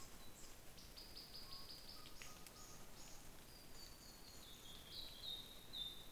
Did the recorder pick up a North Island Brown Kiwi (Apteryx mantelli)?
no